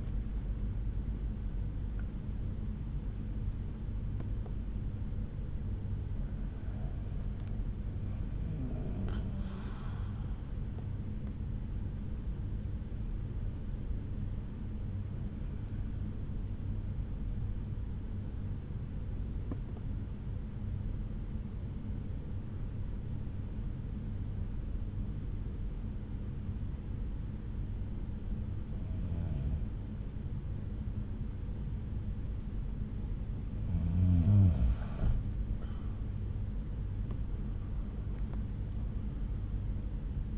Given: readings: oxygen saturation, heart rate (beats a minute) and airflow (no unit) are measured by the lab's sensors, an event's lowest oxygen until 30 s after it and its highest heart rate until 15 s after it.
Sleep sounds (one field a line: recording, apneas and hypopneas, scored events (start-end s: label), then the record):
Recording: breathing in sleep by a smartphone at the bedside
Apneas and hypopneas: 1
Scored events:
12.00-34.90 s: hypopnea (N1, oxygen 96% highest, then 89% lowest, heart rate 63 at the start, 69 highest)
12.00-40.38 s: new sleep stage, N2 (light sleep)
From the record:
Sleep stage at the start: N1 (lightest sleep)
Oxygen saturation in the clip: 89 to 96%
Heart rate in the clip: 59 to 75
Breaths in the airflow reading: 8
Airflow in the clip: -8.1 to 8.0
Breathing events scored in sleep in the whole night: 368 in 8.0 hours asleep